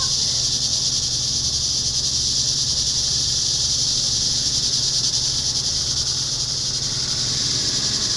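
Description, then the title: Cicadas fill the air with a loud, shrill buzz held at a constant level from start to finish, a faint low hum below. Summer cicadas. "neoscenes: summer cicadas"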